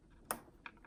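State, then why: Seated. The included plastic retaining clip is pressed over the joined servo connector and extension lead on the horizontal stabilizer wiring of a NovaJets 1.75m MB339, to keep the servo from coming unplugged. It snaps in place with a sharp, short click at 0.3 s, followed by softer clicks around 0.7 s and 0.8 s. The clip is seated.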